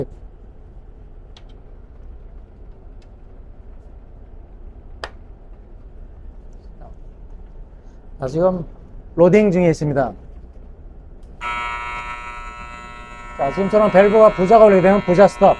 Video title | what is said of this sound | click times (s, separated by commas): BWMS MAKE PANASIA HM-BWMS-2022 GLN | 자 , 이제 다시 닫으세요 . 딸깍 하는 소리 | 5.0 s